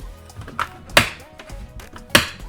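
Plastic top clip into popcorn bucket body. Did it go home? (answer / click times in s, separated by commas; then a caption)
no / none. Repeated pushes on a plastic top clip into the body of a collectible popcorn bucket make soft taps and two loud, sharp plastic clicks at about 1.0 and 2.1 seconds. Despite the clicking, the clip has not caught or seated yet, and the pushing is stopped so it does not break.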